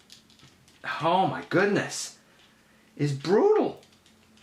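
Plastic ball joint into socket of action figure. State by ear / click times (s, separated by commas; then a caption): not seated / none. A plastic ball joint of a Transformers Animated Samurai Prowl action figure, one that pops off too easily, is being handled and worked back toward its socket while someone talks. Only faint, quiet handling ticks are heard around the speech, and the ball joint has not seated or clicked into the socket yet.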